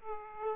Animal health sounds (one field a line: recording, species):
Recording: mosquito wingbeat signal from an infrared sensor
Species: Aedes aegypti